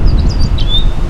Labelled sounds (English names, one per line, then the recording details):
House Finch song
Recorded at Merrick on Long Island, New York, on 17 May 2013
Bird B